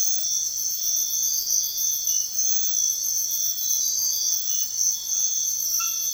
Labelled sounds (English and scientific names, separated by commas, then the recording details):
none
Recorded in secondary vegetation near Puerto Asís, Putumayo, Colombia, on 28 February 2025 at 05:00
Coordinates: 0.498, -76.327
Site G001